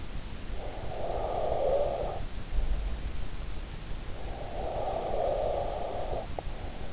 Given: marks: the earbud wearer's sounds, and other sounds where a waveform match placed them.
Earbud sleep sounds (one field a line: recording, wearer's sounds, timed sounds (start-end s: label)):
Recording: sounds in sleep by an in-ear microphone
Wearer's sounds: breath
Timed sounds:
0.43-2.71 s: breath
4.10-6.93 s: breath